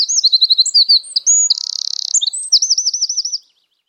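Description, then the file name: Eurasian wren song: a rapid, loud high-pitched outpouring of trills and whistled notes, including a dense buzzing rattle mid-phrase. "Troglodytes troglodytes"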